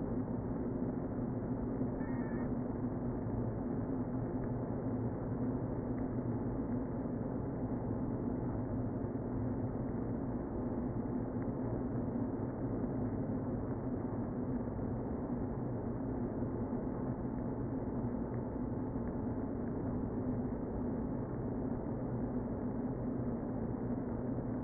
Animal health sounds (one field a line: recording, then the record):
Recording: honeybee colony, microphone inside the hive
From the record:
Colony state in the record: queen present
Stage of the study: before two queens were removed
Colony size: about 60,000 bees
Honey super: yes